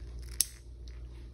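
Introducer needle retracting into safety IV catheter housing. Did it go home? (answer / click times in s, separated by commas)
yes / 0.4 s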